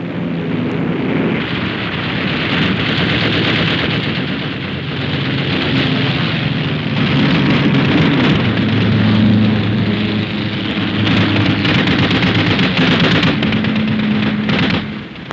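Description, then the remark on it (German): Fighter planes dive from the clouds in a low-level attack on an enemy airfield, roaring overhead in a steady, loud engine drone while rapid machine-gun fire crackles and rattles through the din for the whole stretch, with no voices. “Aus den Wolken stoßen sie herab zum Tiefangriff auf den feindlichen Flughafen.”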